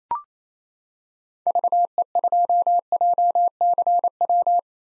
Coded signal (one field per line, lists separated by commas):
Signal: Morse code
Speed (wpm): 28 wpm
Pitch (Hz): 700 Hz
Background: none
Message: VE2JCW